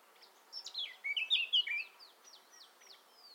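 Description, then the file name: Eurasian blackcap warbling song, a rapid jumble of loud, rich, twisting notes lasting about a second and a half, followed by a soft run of thin, high, falling notes. "Sylvia atricapilla"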